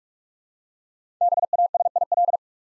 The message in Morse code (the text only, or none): BASIL